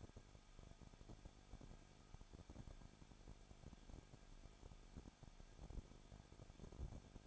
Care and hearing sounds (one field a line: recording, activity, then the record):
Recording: daily activity, microphone in the room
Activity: no activity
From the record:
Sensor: 5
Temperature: 20.9 degrees Celsius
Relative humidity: 35.0%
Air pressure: 994.7 hPa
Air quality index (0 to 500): 153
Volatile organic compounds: 2 ppm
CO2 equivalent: 1276 ppm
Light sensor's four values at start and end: 2/3/1/1 and 2/3/1/1